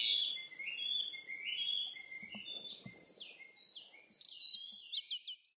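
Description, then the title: Bird chirping: high, slurred notes over a steady background hiss, ending with a quick series of short repeated chirps. "鸟儿喳喳"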